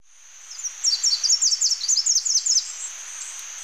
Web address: Natures Songs S America Birds of Ecuador 601 Slate-throated Whitestart